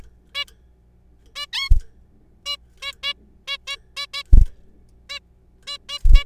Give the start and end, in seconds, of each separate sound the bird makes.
0.35-0.45, 1.36-1.46, 1.53-1.69, 2.46-2.56, 2.82-2.92, 3.03-3.13, 3.48-3.57, 3.67-3.77, 3.97-4.06, 4.14-4.23, 5.10-5.19, 5.67-5.78, 5.89-5.99, 6.14-6.24